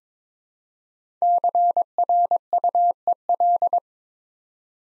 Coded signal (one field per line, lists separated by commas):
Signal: Morse code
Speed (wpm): 23 wpm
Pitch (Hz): 700 Hz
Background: none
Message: CRUEL